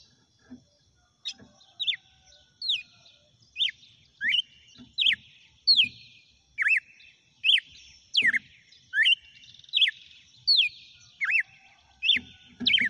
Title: Canto Galo Campina Fêmea. GALO DE CAMPINA CANTANDO e BATENDO FOGO?